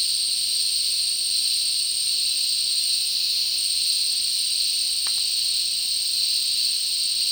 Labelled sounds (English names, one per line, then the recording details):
none
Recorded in dense forest near Puerto Asís, Putumayo, Colombia, on 18 February 2024 at 12:30
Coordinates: 0.499, -76.324
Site G6469